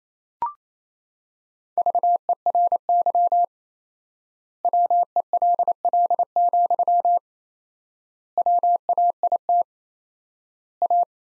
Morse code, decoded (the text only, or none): VERY WELL, WAIT A